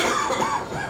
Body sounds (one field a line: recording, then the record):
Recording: coughing mixed with background sound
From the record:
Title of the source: Spring Cold Coughing 2